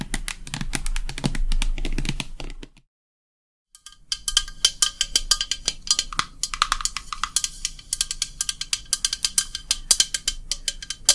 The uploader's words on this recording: ASMR Relaxing Tapping for the BEST Sleep & Tingles long nails + no talking.